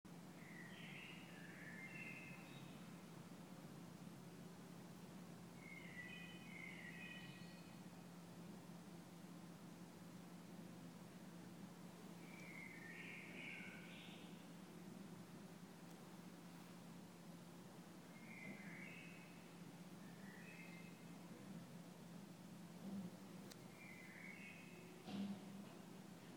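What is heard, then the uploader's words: A bird calls in a courtyard at dusk, giving short bright phrases roughly every five seconds. Beneath it runs a steady low hum, like a ventilation unit or traffic, and a couple of faint clicks come near the end. Bird at dusk in the Hinterhof.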